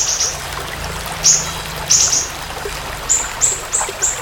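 Siri-siri bird giving a few separate shrill, buzzy high chirps, then a quick run of short ringing notes near the end.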